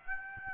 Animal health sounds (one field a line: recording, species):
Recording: mosquito wingbeat signal from an infrared sensor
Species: Aedes aegypti